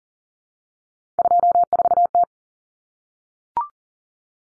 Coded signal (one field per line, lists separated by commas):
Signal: Morse code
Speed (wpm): 40 wpm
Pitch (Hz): 700 Hz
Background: none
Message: 24T